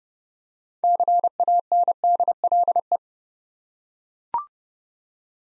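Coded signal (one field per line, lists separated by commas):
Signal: Morse code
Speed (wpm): 30 wpm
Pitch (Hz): 700 Hz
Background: none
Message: CANDLE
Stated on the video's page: Morse practice set of easy words with contextual hints, sent at 30 wpm.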